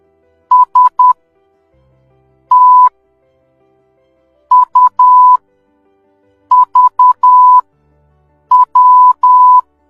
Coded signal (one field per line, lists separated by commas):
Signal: Morse code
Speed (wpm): 10 wpm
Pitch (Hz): 1000 Hz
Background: none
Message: STUVW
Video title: morse Code#Knowledge#Sign Language#work#Mindgames#alfabets#Country#Code#comedy #tabeladinamica